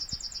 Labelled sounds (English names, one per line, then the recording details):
Yellowhammer song
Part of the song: start
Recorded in the Czech Republic on 22 May 2013
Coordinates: 49.828, 18.518
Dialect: BE
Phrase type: D6
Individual 299334